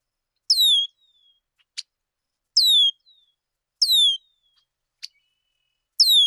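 Bird calls: four downward-sweeping whistles at uneven intervals, with a single sharp click between some of them, in otherwise silent background.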